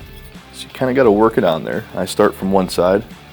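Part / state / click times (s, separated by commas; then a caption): plastic pivot index piece onto office chair arm / not seated / none. A plastic arm pivot index piece is being worked onto the pivot arm of a Herman Miller Aeron Classic office chair, starting from one side, while someone talks. Nothing has seated or clicked yet by the end of the clip.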